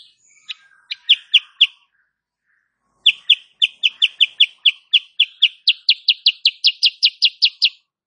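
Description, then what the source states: Sooty-headed bulbul delivering clean, piercing chirps: a short burst, a pause, then a long even series that grows slightly higher and faster. Female cage bird used as a master song for training other cage birds; rapid, dense chirping style called "nembak rapat".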